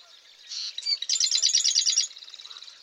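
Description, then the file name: Marsh wren singing: a brief harsh buzz and a few clicks lead into a fast, dry, mechanical trill of repeated notes, followed by quieter chatter. Eastern male marsh wren singing in Massachusetts. "Massachusetts 1 Eastern-male-108 Ma Wr-MA"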